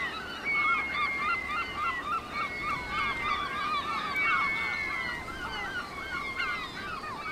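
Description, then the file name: Seabirds calling in a crowded chorus of harsh, arching notes, with several long, thin, level whistles drawn out above the din, over background hiss. Seabirds at Cap Fréhel. "oiseaux marins au cap frehel"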